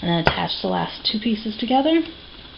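Someone talks while handling the last two plastic sections of an adjustable hat knitting loom, lining them up at their grooved joint to press them together. A brief sharp tick sounds near 0.3 s under the speech. Nothing has snapped in or seated yet.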